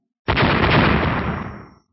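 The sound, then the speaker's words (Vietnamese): A loud explosive blast erupts suddenly, a broad rumbling roar that holds strong for about a second before tapering off into silence, with no voices present. “2 tiếng nổ mạnh vang lên.”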